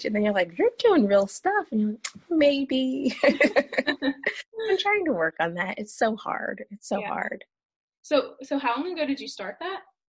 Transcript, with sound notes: and then you’re like you’re doing real stuff. And you’re like maybe. (Laughter) I’ve been trying to work on that, it’s so hard. It’s so hard.
So, so how long ago did you start that?